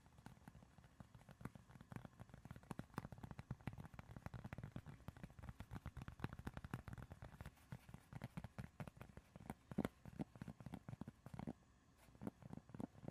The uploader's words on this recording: ASMR progressive soft to hard triggers // tapping and scratching // fast and aggressive.